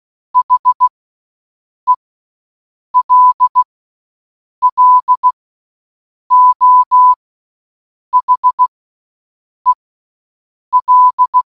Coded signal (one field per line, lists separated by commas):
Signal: Morse code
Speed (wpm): 16 wpm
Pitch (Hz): 1000 Hz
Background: none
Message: HELLO HEL